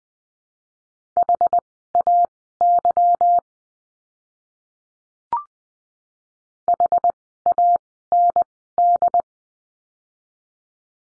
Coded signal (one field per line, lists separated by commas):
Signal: Morse code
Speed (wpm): 20 wpm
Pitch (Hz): 700 Hz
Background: none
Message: HAY HAND